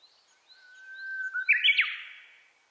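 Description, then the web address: Japanese bush warbler song: a long, level whistle that swells, then breaks into a bright, rapid flourish of rising and falling notes that fades away. Recorded on 29 April 2001. "2001 010429 uguisu"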